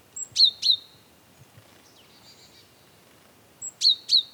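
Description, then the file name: Great tit calls: a crisp high double note at the start and again at the end, with a faint softer phrase in between. "Parus major"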